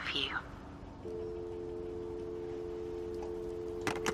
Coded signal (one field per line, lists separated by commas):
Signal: telephone call progress tone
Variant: North America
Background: speech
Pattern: dial tone